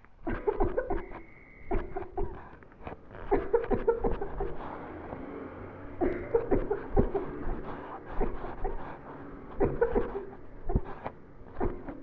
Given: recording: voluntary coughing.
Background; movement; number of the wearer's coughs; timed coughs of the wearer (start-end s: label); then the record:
traffic; sitting; 19
0.24-0.53 s: cough
0.57-0.82 s: cough
0.87-1.15 s: cough
1.68-2.05 s: cough
2.15-2.46 s: cough
3.28-3.64 s: cough
3.68-3.98 s: cough
4.01-4.34 s: cough
4.37-4.64 s: cough
5.98-6.39 s: cough
6.48-6.81 s: cough
6.94-7.22 s: cough
7.42-7.78 s: cough
8.18-8.49 s: cough
8.61-8.91 s: cough
9.58-9.90 s: cough
9.88-10.28 s: cough
10.67-10.89 s: cough
11.58-11.99 s: cough
From the record:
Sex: female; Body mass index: 18.8 kg/m2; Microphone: on the chest, facing the body